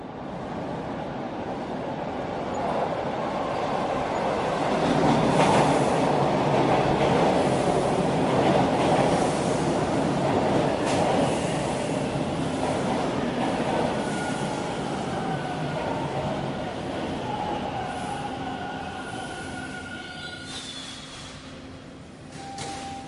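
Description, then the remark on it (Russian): A subway train rumbles steadily along the rails, a broad roaring hum with rattling clatter, while faint high squeals and tones drift in and out before the noise gradually eases. “Васе понравилось кататься на метро.”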